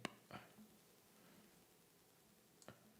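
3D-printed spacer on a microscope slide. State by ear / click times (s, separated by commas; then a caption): seated / 0.0 s. A 3D-printed plastic spacer for dry-mounted microscope slides is pushed onto a microscope slide and snaps into place with a sharp click at 0.1 s. A softer rustle follows, then two faint ticks near 2.6–2.7 s against a quiet background. The spacer is seated and locked in place.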